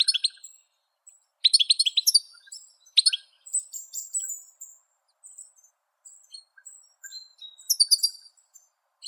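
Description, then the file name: European goldfinch giving sparse bursts of high twittering and chirping notes, with soft, thin calls in the spaces between them. "Golosa ptic - CSHegol Carduelis carduelis"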